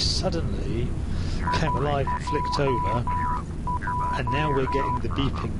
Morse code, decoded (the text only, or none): IJJ